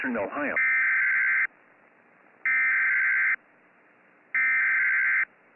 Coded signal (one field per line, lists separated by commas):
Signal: Emergency Alert System (SAME) tones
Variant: header bursts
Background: speech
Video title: Tornado warning (EAS 25)